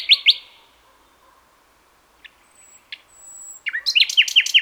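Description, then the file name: Common nightingale song: two sharp notes, a quiet gap with faint ticks and a thin high whistle, then a rapid repeated trill. "Luscinia megarhynchos"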